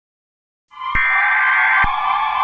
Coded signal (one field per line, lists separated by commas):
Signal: Emergency Alert System (SAME) tones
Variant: header bursts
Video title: EAS Scenario 1:Silent Night (do not play this over the air or you will get a copyright strike.)